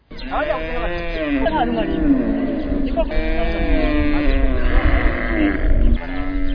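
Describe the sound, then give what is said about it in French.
A herd of more than 200 cows, held on a Sunday on the grounds of the youth centre in Gihanga, mooing over one another, long low drawn-out calls overlapping continuously and fairly loudly for several seconds with no break. “Ces vaches que vous entendez, plus de 200 ont passé toute la journée de ce dimanche gardées sur le terrain du centre jeune de Gihanga par les cultivateurs dont les champs ont été ravagés par des troupeaux de vaches.”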